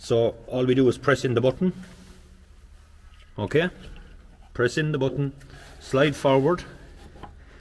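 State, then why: Not seated. Someone talks while a PTO shaft yoke is handled at a tractor's PTO output shaft: with the button pressed, the yoke is slid forward and turned to line up the splines before being pushed home. A faint knock comes at about 3.1 s between bursts of speech. Nothing has seated or clicked yet.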